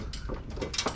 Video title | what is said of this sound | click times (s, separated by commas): Project 300zx Finally gets an Engine swap | Just like that. You heard that motor mount pop into place, then we can pretty much just | 0.1 s, 0.7 s